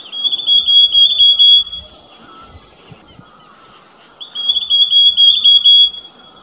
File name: Rufous Sibia song Alok